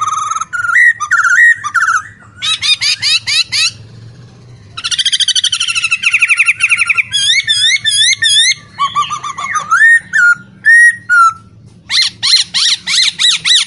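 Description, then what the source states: Masked laughingthrush: a long, varied run of rapid chattering bursts, buzzy rattles and wavering whistled notes with brief pauses between phrases and a faint low hum. Caged bird in full, active song, used to train cage birds.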